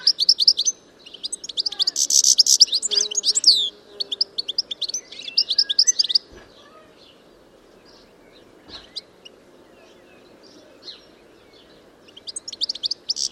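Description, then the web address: Bird calls, a busy run of sharp high chirps and trills in the first six seconds, a quiet gap, then another short burst of chirps near the end. "Deverinetal 2025 File origin Bird Only"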